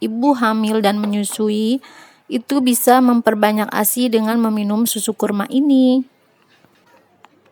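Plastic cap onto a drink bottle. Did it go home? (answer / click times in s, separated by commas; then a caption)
yes / 7.2 s. A plastic screw or snap cap is closed onto a plastic bottle of date milk until the cap clicks and the tamper seal locks. Someone talks for the first six seconds, then after quiet handling, a sharp click comes at 7.3 s, and the cap is seated.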